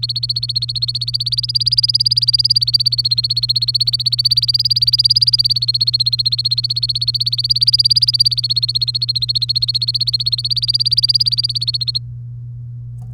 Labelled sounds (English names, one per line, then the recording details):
Domestic Canary song
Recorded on 3 May 2018 at 08:23
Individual llb3